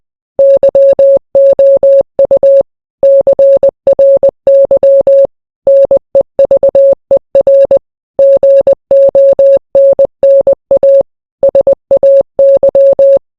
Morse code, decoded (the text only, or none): YOU CRY NEVER GONNA SAY